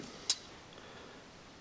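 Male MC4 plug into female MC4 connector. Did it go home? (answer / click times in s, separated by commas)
yes / 0.3 s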